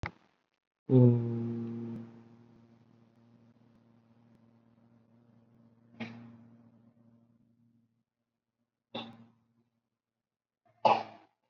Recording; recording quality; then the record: sustained vowel as in boot; poor, much background noise or distortion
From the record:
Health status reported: COVID-19 positive, mild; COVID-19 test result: positive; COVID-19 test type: RT-PCR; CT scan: not taken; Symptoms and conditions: none ticked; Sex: male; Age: 30 years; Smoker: no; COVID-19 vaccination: none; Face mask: not worn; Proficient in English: no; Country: India